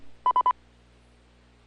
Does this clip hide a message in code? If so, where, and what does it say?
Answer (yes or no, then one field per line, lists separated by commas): no